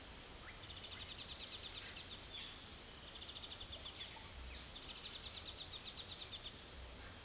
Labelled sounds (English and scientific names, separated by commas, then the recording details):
Yellow-tufted Woodpecker (Melanerpes cruentatus)
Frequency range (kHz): Yellow-tufted Woodpecker (Melanerpes cruentatus) 2.0-5.3 kHz
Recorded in secondary vegetation near Puerto Asís, Putumayo, Colombia, on 19 February 2024 at 18:00
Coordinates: 0.500, -76.326
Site G6428